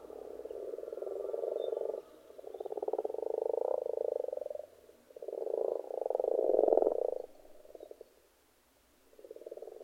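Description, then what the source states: Frog chorus of fast, buzzy croaking trills in overlapping waves that swell and drop away. Frogs in a pond.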